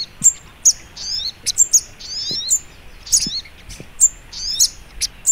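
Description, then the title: Little spiderhunter song of sharp, high chirps and short slurred twitters, repeated roughly every half second to second, with a faint low hiss behind. Training recording (masteran) of sogok ontong labaik. "Masteran Burung Sogok Ontong Labaik"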